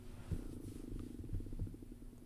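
A low, gurgling rumble lasts about two seconds, with irregular bubbling pulses and a few soft thuds. It is an adult's stomach growling (borborygmi), the ordinary sound of gas and fluid moving through the gut, with mild stomach ache while cutting calories to lose weight; harmless here.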